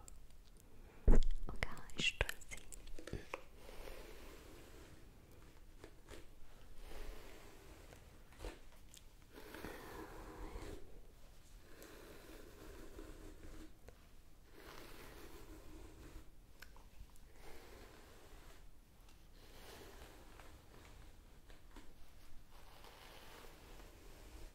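Scalp massage and hair brushing: soft, steady rustling and scratchy strokes run throughout, with a sharp, louder burst of brushing near the start. Short gaps break the texture every second or two, and faint murmurs sit low underneath.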